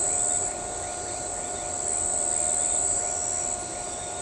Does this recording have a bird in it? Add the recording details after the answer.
no. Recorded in shrubland near Pivijay, Magdalena, Colombia, on 17 April 2023 at 01:30. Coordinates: 10.453, -74.365. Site P5-G022